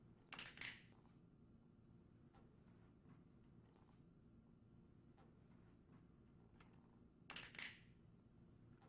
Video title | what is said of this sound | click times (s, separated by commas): Fluval FX5 Setup Tutorial (Part 1) | push them down until they click to lock the hosing in place | 0.3 s, 7.3 s